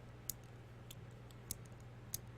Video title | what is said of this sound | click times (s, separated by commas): Cal Royal BBDHG88 US4 | you can hear the clicking of that with those bearings that are down here the tip of my finger that allows that to lock in place arm | 0.3 s, 1.5 s, 2.1 s